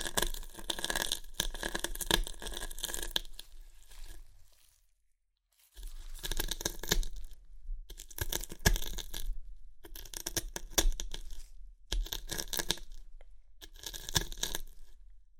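Crunchy chips being crushed and eaten in dense bursts of crackling and rustling that cover the whole range from low to very bright. A long bout runs to about four seconds, then a silent gap, followed by shorter, irregular bursts separated by brief pauses.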